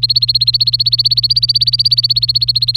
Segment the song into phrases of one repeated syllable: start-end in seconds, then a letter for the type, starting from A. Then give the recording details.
0.00-2.76 A. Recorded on 24 April 2018 at 11:36. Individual llb3